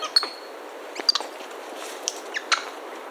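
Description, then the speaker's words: Capuchin monkey alarm call: sharp, high chirps and clicks scattered irregularly. Capuchin monkey giving a predator alarm call in the jungle of Argentina. "sound that you just heard was a capuchin monkey giving a predator alarm call in the jungle of Argentina."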